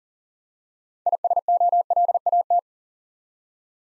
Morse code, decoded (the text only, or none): ISOLAT